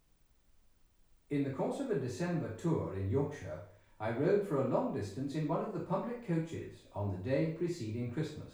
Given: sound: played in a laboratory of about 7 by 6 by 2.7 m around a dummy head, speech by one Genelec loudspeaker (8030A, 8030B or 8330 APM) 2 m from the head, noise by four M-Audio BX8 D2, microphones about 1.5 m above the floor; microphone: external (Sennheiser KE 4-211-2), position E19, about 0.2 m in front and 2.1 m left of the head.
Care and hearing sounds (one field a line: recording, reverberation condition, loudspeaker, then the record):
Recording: male speech in English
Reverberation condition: medium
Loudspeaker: 150 degrees to the left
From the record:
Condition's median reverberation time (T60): about 510 ms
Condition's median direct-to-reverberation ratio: about -0.5 dB